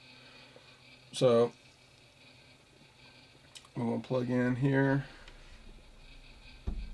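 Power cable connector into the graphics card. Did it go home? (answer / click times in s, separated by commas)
no / none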